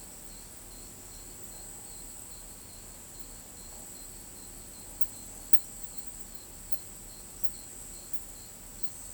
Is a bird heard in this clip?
no